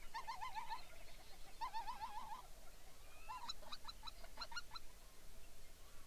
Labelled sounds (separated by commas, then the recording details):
songbird, waterfowl, grouse or ptarmigan
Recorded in the Arctic National Wildlife Refuge, Alaska, on 23 May 2019 at 06:14
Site 49